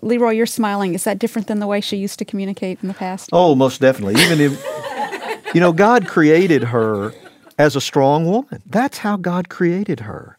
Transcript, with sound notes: LeRoy, you’re smiling. Is that different than the way she used to communicate in the past?
Oh, most definitely. (laughter) God created her as a strong woman. That’s how God created her.